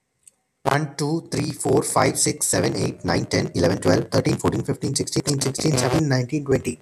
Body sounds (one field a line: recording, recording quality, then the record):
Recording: counting at a fast pace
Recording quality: excellent, no background noise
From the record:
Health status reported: COVID-19 positive, mild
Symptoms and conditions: cough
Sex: male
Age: 26 years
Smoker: not ticked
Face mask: not worn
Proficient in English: yes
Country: India